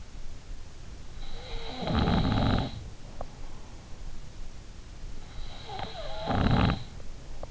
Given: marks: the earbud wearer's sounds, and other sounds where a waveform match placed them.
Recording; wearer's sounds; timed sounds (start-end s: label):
sounds in sleep by an in-ear microphone; snoring breath
1.22-3.51 s: snoring breath
5.28-7.51 s: snoring breath